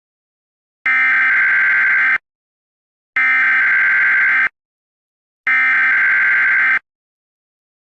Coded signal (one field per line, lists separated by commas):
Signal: Emergency Alert System (SAME) tones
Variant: header bursts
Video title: EAS Scenario #4: Elmo The Killer (ReUpload)